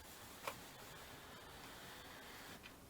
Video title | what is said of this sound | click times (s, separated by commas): How to fit a Velux Roof Balcony Blind in 30 minutes - Velux Roof Balcony Blind Installation | और जैसे ही आप इसे छोड़ते हैं यह बस अपनी स्थिति में लॉक हो जाता है | 0.5 s